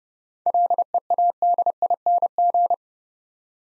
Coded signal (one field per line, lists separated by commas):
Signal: Morse code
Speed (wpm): 30 wpm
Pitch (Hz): 700 Hz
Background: none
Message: LEADING